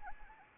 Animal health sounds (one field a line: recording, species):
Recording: mosquito wingbeat signal from an infrared sensor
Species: Anopheles arabiensis